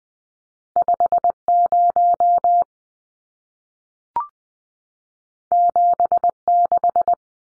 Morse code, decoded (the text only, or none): 50 76